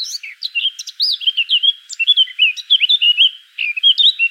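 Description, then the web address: Eurasian blackcap singing a quick, rambling warble of short whistled slurs and chirps, bright and almost continuous. "pub SETE data Sylvia atricapilla 102016"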